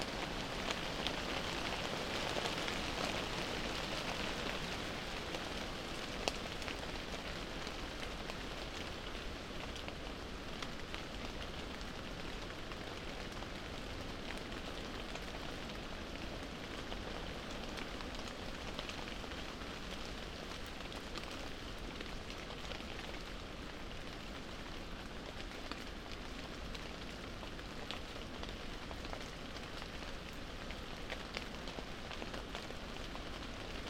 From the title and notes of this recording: An hour under moorland trees (rainy and sleep safe). The flurries of rain. Blowing and sprinkling the falling raindrops over wide, waxy, sheltering leaves.